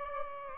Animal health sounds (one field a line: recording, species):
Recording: mosquito wingbeat signal from an infrared sensor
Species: Aedes aegypti